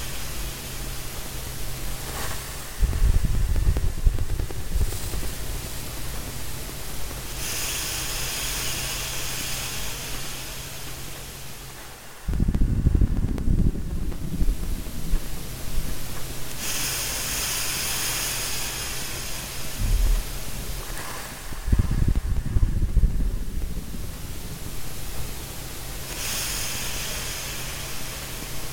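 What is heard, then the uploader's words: Slow breathing in a steady cycle of roughly nine seconds: a low, rushing breath alternates with a bright, airy hiss, each lasting about four seconds. A faint low hum and soft noise sit underneath throughout. This is a recording of my breathing together with random background noises, suitably amplified & enhanced, with nothing else added.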